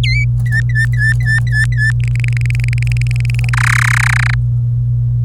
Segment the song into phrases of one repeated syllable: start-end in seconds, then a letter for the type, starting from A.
0.03-0.24 A, 0.46-1.91 B, 2.00-3.49 C, 3.53-4.34 D